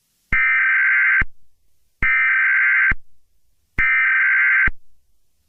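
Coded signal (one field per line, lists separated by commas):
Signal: Emergency Alert System (SAME) tones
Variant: header bursts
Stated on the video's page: Fictional EAS scenario, a simulated alert.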